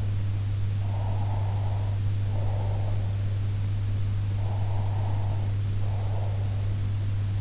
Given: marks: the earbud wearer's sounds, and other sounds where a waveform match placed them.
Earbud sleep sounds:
sounds in sleep by an in-ear microphone; breath
0.87-3.13 s: breath
4.21-6.47 s: breath

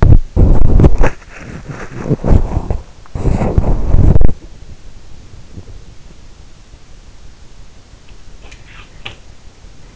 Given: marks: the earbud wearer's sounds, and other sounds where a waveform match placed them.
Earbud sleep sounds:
sounds in sleep by an in-ear microphone; body movement
0.00-4.84 s: body movement
5.39-5.84 s: sound from someone else or the room

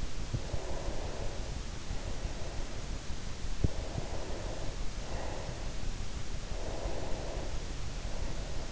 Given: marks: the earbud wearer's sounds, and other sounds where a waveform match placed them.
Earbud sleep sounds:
sounds in sleep by an in-ear microphone; breath
0.53-3.14 s: breath
3.69-5.73 s: breath
6.57-8.71 s: breath

